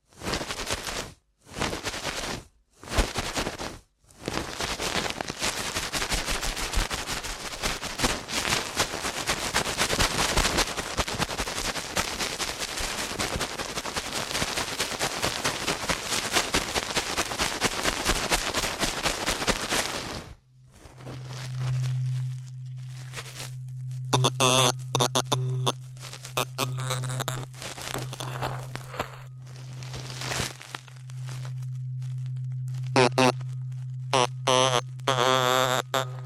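Ear cleaning: a few short scratchy bursts, then a long dense rushing scrape, then a steady low hum broken by crackly rubbing bursts.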